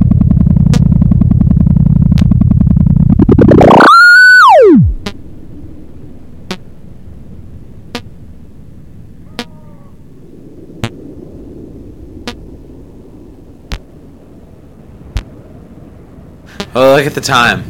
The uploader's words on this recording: The transmissions are a mix of environmental sounds and these hard blips.